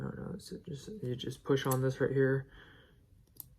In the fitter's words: it kind of pops the back out and then you can slide it up and down and